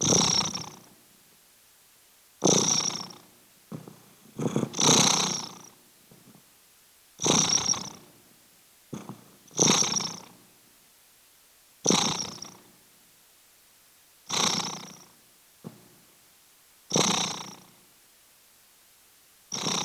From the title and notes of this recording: Spooky Is Purring. Her relaxing purrrrrr.